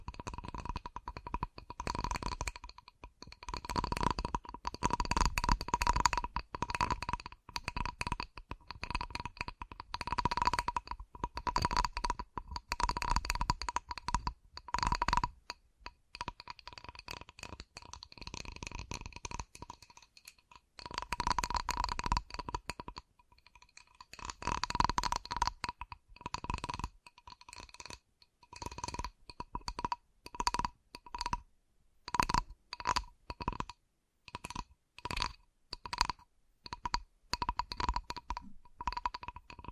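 Fast, uneven tapping runs in dense bursts with brief gaps, each tap sharp and bright with a steady ringing tone underneath.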